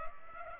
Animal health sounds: mosquito wingbeat signal from an infrared sensor; Culex pipiens

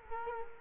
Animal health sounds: mosquito wingbeat signal from an infrared sensor; Culex quinquefasciatus

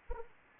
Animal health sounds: mosquito wingbeat signal from an infrared sensor; Anopheles arabiensis

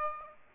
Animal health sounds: mosquito wingbeat signal from an infrared sensor; Aedes aegypti

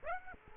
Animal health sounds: mosquito wingbeat signal from an infrared sensor; Aedes aegypti

